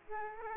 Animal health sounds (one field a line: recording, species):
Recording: mosquito wingbeat signal from an infrared sensor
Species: Aedes aegypti